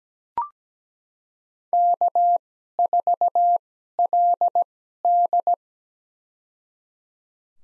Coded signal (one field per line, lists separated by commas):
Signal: Morse code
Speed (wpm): 17 wpm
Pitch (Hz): 700 Hz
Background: none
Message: K4LD